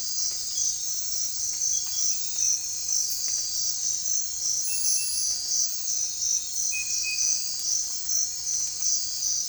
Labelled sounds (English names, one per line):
none